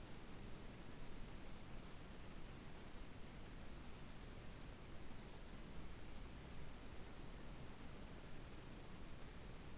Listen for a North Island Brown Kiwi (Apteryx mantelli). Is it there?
no